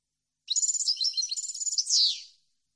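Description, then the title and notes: European goldfinch song: a two-second stream of rapid, high chattering notes closing with a loud descending slur. Clean goldfinch song compiled on a CD, meant to be copied. "Cd Jilguero. Cd de canto de jilguero limpio para copia"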